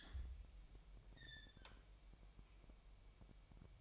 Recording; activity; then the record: daily activity, microphone in the room; open fridge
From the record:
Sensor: 1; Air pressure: 1002.0 hPa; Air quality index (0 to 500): 238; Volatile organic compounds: 44 ppm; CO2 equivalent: 3206 ppm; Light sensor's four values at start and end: 8/28/10/11 and 8/28/10/11